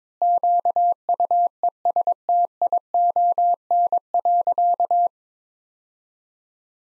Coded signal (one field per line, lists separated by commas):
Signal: Morse code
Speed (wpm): 22 wpm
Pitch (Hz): 700 Hz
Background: none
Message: QUESTION.